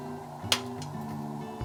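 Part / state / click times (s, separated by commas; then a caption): curtain track section in trigger-release bracket / released / 0.5 s. A trigger-action bracket is pushed to release a locked curtain track section, giving one sharp click at 0.5 s over steady background music. The track piece comes free of the bracket.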